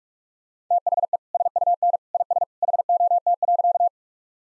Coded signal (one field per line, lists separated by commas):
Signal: Morse code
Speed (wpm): 45 wpm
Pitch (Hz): 700 Hz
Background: none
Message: THE SUN IS HOT.